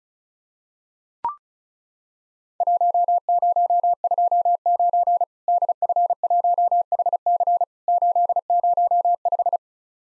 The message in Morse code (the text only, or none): 1029 DF1HC 805